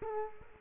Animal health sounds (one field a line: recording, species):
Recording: mosquito wingbeat signal from an infrared sensor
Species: Culex quinquefasciatus